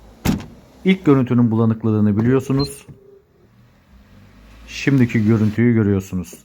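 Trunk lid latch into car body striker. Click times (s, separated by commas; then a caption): 0.3 s. A Toyota's trunk lid is closed after a new rear-view camera is installed, so the image can be tested. A single sharp hit at 0.3 s is the trunk latch catching the striker on the car body, and the lid latches shut. Someone then talks.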